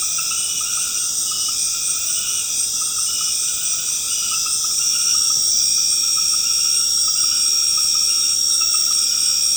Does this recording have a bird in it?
no